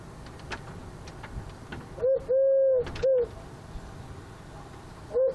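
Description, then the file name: Eurasian collared dove giving one three-note coo with a long middle note, then the start of another phrase. "Tourterelle Turque Eurasian Collared Dove Chant"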